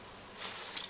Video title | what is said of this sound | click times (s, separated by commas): Review FR - Transformers Animated - SafeGuard | ça se verrouille | 0.8 s